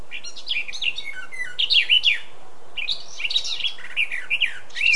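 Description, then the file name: Eurasian blackcap singing in two rich warbled phrases of quick, varied notes with a short pause between them. "Sylvia atricapilla"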